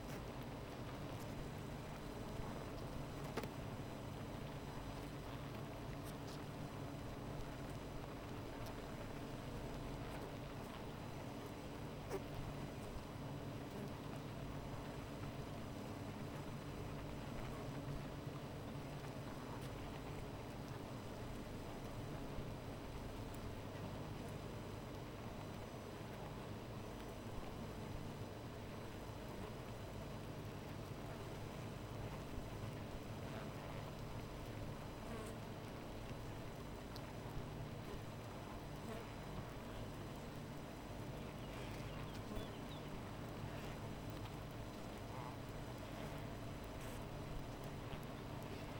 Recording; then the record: honeybee colony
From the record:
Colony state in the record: missing queen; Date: 14 July 2017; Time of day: 13:28